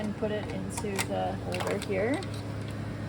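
A plastic tubing cassette from a lab reagent dispenser is held in the right hand and pushed toward its holder while someone talks. Light handling rustles and soft plastic contact sounds are heard under the voice. Nothing has seated or clicked yet.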